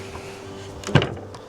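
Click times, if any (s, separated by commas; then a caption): 0.9 s, 1.0 s. An IKEA Nammaro wooden outdoor folding chair is pulled open by its legs until the frame locks into the open position. Short knocks or clacks come at 0.9 s and 1.0 s, the second louder, with a fainter tap at 1.4 s over a steady low hum. The chair locks open.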